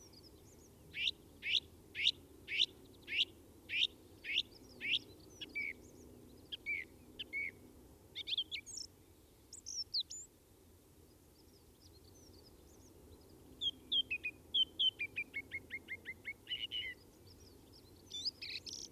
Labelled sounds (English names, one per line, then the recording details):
Song Thrush song
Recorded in the wild
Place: Garmisch-Partenkirchen, Bayern, DE
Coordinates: 47.5022, 11.0817
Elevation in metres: 847
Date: 1969-04-10
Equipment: Original Vollspur
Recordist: Tretzel, Erwin